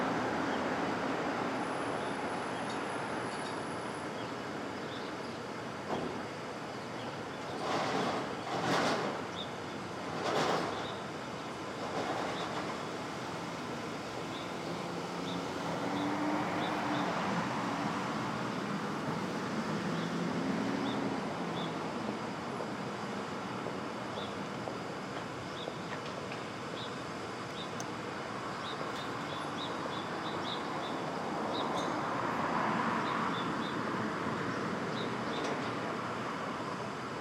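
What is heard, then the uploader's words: Dawn street traffic in Brooklyn, a steady rumbling wash with brief sharp clatters around eight to eleven seconds and swelling passes later. Brooklyn Dawn, 4 - 17 - 20, Street Traffic II.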